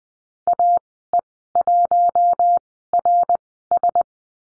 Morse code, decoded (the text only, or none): AE1RS